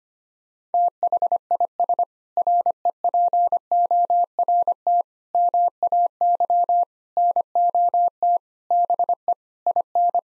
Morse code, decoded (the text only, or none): THIS REPORT MAY NOT BE IN